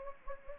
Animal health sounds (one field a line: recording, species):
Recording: mosquito wingbeat signal from an infrared sensor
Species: Anopheles gambiae